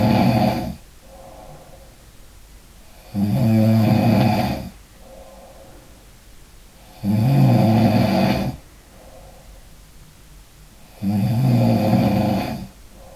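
Repeated snoring from an adult sleeper: regular, low-pitched snores at about 15 per minute, with quiet breathing between them.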